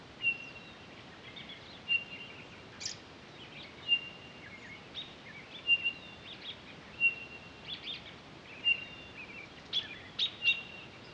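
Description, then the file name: Townsend's solitaire repeating a clear, level whistled note at a slow, steady pace, with soft chips between the whistles. On 23 October 2011. "20111023 townsends-solitaire"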